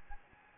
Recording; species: mosquito wingbeat signal from an infrared sensor; Anopheles gambiae